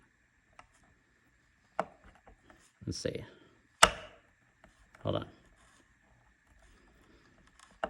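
A bolt is pushed down into a nut in a wooden stool leg joint and turned backwards with a 5/32 Allen key, waiting for the thread start to drop into the nut's thread so it won't cross-thread. Someone talks over a few sharp handling knocks and scrapes, the loudest near 1.8, 3.8 and 7.8 s. The threads have not yet found each other, and the bolt has not clicked or seated by the end of the clip.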